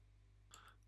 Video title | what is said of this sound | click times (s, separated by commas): ¿Climatizador no cambia temperatura? Honda HR-V (Motor Actuador) | relevant tout en la tournant légèrement jusqu'à ce qu'elle s'enclenche. | 0.5 s